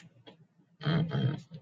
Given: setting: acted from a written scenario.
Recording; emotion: vocal sound without words; disappointment